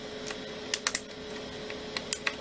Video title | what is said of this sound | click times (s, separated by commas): Plan with me.... Meal Planner / Diet Diary | each comb and you'll hear it clicking in like | 0.7 s, 0.9 s, 1.0 s, 2.0 s, 2.1 s, 2.3 s